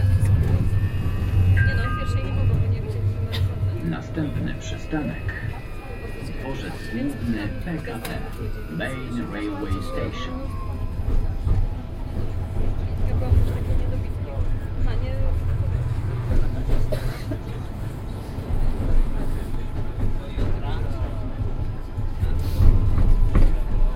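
A ride inside a moving tram, with passengers talking throughout over a steady low rumble of the wheels and motor. Gliding, whining tones rise and fall around the first ten seconds, and occasional clicks and knocks from the car punctuate the ride.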